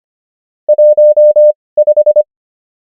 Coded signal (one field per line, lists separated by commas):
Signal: Morse code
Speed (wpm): 25 wpm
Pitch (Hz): 600 Hz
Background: none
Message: 15